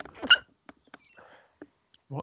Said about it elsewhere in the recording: That was a sneeze. I tried to block it anyway. Sounds like you were wrestling a balloon. It was odd.